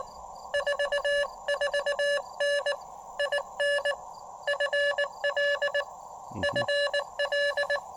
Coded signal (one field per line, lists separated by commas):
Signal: Morse code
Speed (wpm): 18 wpm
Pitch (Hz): 590 Hz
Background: none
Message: 44N IN FL FL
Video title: Roadside POTA shack on the Blue Ridge Parkway with amazing views